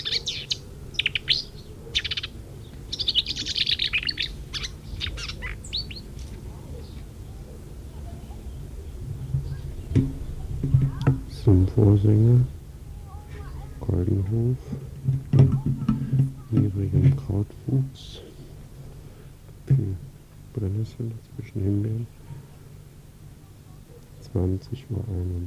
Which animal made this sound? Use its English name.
Marsh Warbler